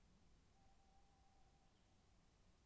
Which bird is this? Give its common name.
Tawny Owl